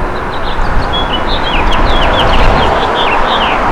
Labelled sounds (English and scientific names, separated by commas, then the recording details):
House Finch (Haemorhous mexicanus) song
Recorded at Merrick on Long Island, New York, on 17 May 2013
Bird G